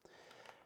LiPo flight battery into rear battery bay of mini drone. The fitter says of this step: Right there, you just push it in until it snaps and you're good.